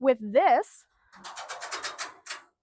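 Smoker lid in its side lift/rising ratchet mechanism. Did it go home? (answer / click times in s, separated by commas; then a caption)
yes / 1.6 s, 1.7 s, 2.3 s. Someone talks briefly, then the lid of a metal smoker box is lifted and the side lid-rising system ratchets, clicking into holding positions at 1.6, 1.7 and 2.3 seconds. The lid is seated in its held position.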